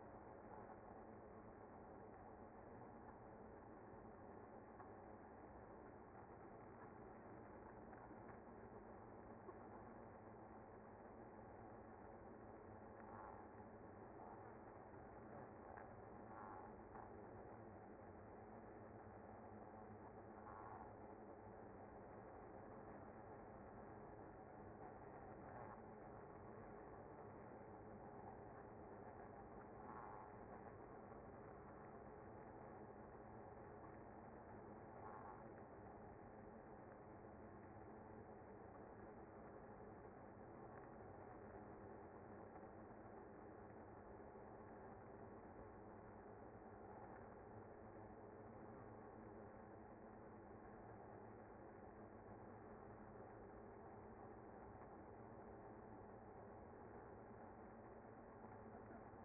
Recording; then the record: honeybee colony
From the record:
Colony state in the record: active